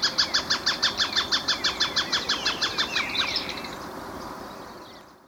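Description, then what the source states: Rufous-fronted thornbird song, a fast series of many sharp chattering notes that fade and run together toward the end. Ecuador.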